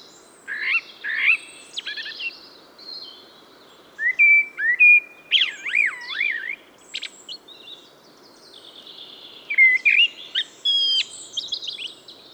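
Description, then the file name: Eurasian blackbird singing varied phrases of warbled whistles that wobble up and down, interspersed with thin high squeaks. "Turdus merula"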